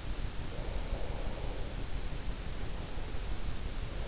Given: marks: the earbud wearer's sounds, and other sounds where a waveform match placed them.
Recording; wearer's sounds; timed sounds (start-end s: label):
sounds in sleep by an in-ear microphone; breath
0.49-3.31 s: breath